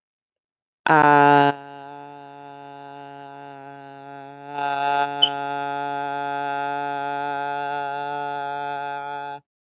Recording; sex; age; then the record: vowel held as long as possible; female; 30 to 39 years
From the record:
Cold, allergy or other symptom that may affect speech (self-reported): no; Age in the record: 35 years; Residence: United States